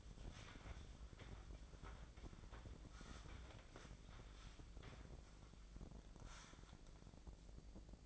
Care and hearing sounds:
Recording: daily activity, microphone in the room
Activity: wipe stove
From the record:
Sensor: 5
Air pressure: 1012.4 hPa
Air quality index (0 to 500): 158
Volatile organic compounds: 2 ppm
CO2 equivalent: 1074 ppm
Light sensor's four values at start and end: 185/440/190/219 and 185/442/189/216

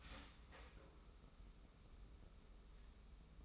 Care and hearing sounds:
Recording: daily activity, microphone in the room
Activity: start toaster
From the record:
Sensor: 1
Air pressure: 994.5 hPa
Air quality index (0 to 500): 225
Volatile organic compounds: 1000 ppm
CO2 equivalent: 8071 ppm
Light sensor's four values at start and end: 95/212/93/96 and 95/212/93/96

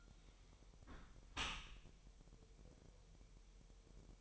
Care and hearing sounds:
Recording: daily activity, microphone in the room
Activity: close dishwasher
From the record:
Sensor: 1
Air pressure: 1000.7 hPa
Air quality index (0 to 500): 248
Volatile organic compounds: 145 ppm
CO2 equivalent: 3999 ppm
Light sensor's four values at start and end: 11/28/11/12 and 12/28/11/12

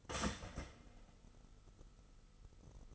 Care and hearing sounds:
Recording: daily activity, microphone in the room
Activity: start toaster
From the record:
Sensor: 4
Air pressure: 989.3 hPa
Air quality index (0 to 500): 216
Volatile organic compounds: 67 ppm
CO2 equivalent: 3489 ppm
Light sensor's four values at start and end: 24/85/31/33 and 24/85/31/33

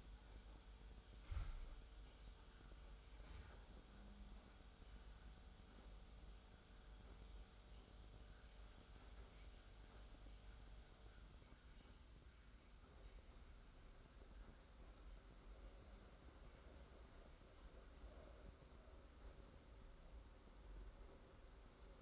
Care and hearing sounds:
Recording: daily activity, microphone in the room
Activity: make coffee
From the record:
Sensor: 3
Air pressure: 991.7 hPa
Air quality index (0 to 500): 180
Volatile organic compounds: 1000 ppm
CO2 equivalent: 6019 ppm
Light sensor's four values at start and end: 40/115/47/41 and 40/116/47/41

